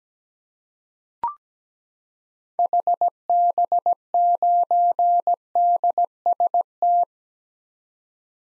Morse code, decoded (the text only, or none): HB9DST